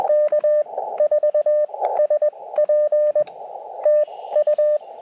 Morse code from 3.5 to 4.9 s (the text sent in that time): TU